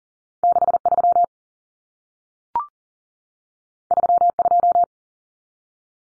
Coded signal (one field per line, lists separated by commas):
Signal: Morse code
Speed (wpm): 40 wpm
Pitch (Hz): 700 Hz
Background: none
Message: 63 32